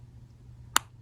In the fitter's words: then we're going to line it up here and just push it straight in until you hear that little snap